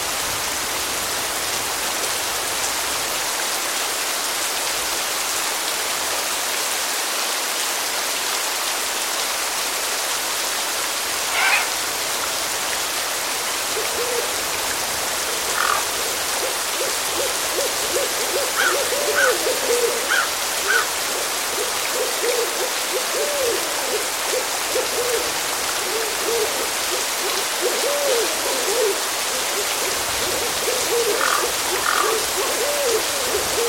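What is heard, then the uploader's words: Gentle rain falls in a steady, dense hiss across the whole clip. From about fourteen seconds on, soft owl hoots repeat in quick low runs. A few brief brighter calls stand out near eleven, nineteen and thirty-one seconds. The soothing sounds of a rainstorm in a cemetery. Gentle rain falling, crows, and owls.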